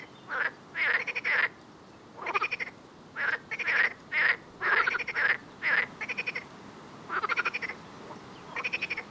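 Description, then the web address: Frog calling: a run of rattling pulsed croaks in short groups, with pauses between. "Soundscape Frog 1"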